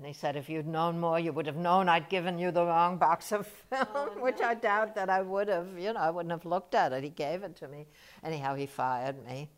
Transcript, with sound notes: And he said, "If you'd known more, you would have known I'd given you the wrong box of film." [chuckles] Which I doubt that I would have. You know, I wouldn't have looked at it. He gave it to me. Anyhow, he fired me.